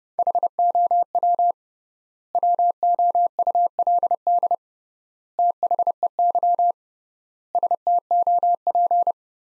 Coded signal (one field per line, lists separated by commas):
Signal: Morse code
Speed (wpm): 32 wpm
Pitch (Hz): 700 Hz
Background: none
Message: HOW WOULD THEY STOP